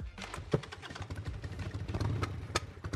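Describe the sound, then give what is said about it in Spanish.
A motorcycle being ridden runs with a steady, low rumble, its engine note rising and falling slightly, with a couple of sharp clattering clicks cutting through. No one speaks. “Voy en moto, dándome el aire en la cara y los pájaros volando, echándome sus cagadas.”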